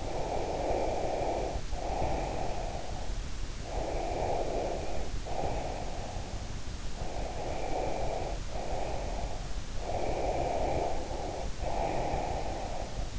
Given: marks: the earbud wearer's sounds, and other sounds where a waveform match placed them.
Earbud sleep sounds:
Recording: sounds in sleep by an in-ear microphone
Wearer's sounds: breath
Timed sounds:
0.00-3.11 s: breath
3.61-6.49 s: breath
6.96-9.51 s: breath
9.77-13.19 s: breath

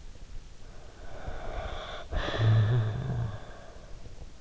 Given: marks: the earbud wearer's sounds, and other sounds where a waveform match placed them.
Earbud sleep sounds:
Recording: sounds in sleep by an in-ear microphone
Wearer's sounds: snoring breath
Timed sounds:
0.55-4.41 s: snoring breath

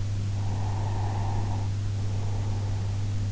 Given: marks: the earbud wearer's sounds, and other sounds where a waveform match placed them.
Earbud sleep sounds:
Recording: sounds in sleep by an in-ear microphone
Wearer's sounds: breath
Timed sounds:
0.42-3.23 s: breath

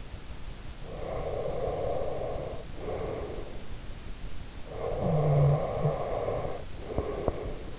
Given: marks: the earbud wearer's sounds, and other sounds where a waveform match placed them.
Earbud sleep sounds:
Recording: sounds in sleep by an in-ear microphone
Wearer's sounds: breath, snoring breath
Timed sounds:
0.77-3.66 s: breath
4.63-7.79 s: snoring breath

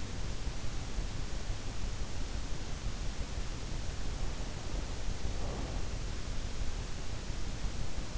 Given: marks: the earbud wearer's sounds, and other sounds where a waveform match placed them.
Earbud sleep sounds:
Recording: sounds in sleep by an in-ear microphone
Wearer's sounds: breath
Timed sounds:
4.32-6.04 s: breath

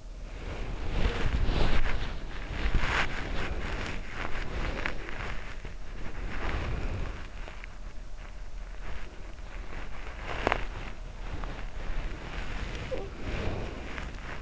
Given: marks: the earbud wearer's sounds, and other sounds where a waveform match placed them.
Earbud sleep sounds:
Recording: sounds in sleep by an in-ear microphone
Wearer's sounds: body movement, talking in sleep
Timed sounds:
0.25-14.42 s: body movement
12.76-13.29 s: talking in sleep

